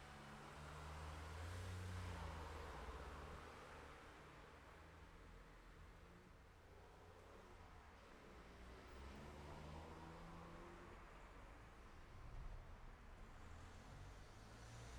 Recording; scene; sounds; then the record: everyday scene through a hearing-aid microphone; in traffic; traffic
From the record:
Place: city secondary road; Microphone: behind the ear, left, front